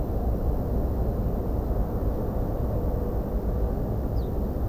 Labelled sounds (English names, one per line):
Ortolan Bunting